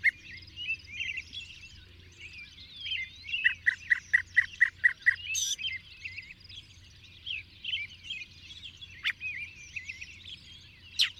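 Bird song, a dense chorus of varied chirps and whistles with a fast burst of about nine repeated notes near the middle and a low hum beneath.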